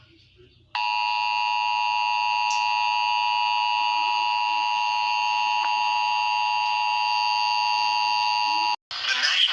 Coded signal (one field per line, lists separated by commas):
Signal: Emergency Alert System (SAME) tones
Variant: 853 and 960 Hz attention tone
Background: speech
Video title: 27 Patrol 27P UK British Emergency Alert System